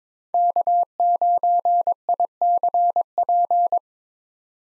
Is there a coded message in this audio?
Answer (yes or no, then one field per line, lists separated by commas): yes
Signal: Morse code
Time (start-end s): 0.3-3.8 s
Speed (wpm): 22 wpm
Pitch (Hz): 700 Hz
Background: none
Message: K9ICP